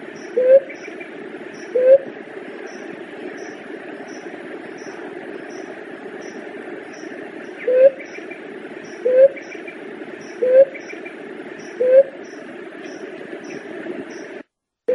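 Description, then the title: Leptotila dove uttering low, brief rising coos, two early notes, a pause, then four more evenly spaced, over broad steady hiss and faint high ticking. "Juriti"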